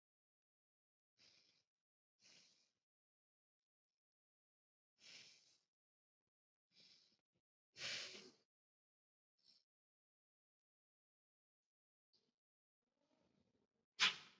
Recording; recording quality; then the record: shallow breathing; excellent, no background noise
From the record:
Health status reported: COVID-19 positive, mild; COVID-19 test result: positive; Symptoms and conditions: cold, hypertension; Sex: female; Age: 39 years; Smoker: not ticked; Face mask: worn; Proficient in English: yes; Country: India